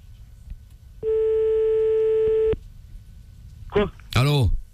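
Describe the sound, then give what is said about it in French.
A steady, buzzing telephone line tone of a call being placed back holds for about a second and a half over a low rumble, then cuts off, followed by a couple of quick warbling, sweeping electronic chirps. “Bon, allez, on rappelle.”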